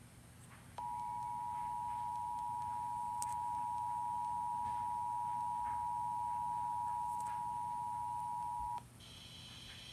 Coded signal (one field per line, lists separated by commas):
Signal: Emergency Alert System (SAME) tones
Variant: 853 and 960 Hz attention tone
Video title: Emergency Alert System Warning Torando June 6, 2014